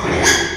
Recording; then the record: squeal of a Yucatan mini pig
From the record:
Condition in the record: after surgery on the right vocal fold (resection and tissue-engineered implant); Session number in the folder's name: 3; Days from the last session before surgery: 33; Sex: male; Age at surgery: 12 weeks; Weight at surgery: 13 kg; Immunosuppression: cyclosporine, prednisolone